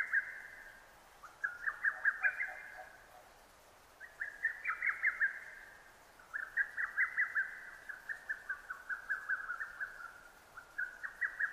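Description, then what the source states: Lesser cuckoo singing rapid staccato phrases, the last run stretching into a long continuous chain of quick notes; little else audible. Recorded 6 June 2009; Japanese name hototogisu.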